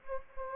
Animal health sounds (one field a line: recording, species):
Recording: mosquito wingbeat signal from an infrared sensor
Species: Anopheles gambiae